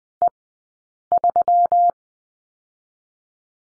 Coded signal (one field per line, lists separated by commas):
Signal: Morse code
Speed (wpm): 20 wpm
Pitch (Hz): 700 Hz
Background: none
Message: E3